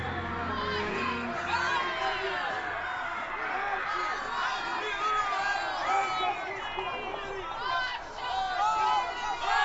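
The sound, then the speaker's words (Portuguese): A large, excited crowd in an arena cheers and shouts without pause as young athletes fight fierce tigers, elephants, antelopes and wild dogs, many voices overlapping into a steady roar that dips briefly near the end before swelling again. “Jovens atletas começam a lutar com tigres ferozes, elefantes, antílopes e cães selvagens, num cenário de violência e sangue, provocando o ânimo exaltado da multidão.”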